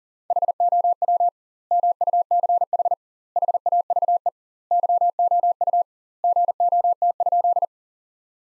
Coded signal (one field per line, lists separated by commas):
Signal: Morse code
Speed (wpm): 40 wpm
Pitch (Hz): 700 Hz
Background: none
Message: HOW MUCH HAVE YOU GOT?